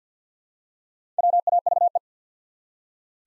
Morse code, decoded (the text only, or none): WAVE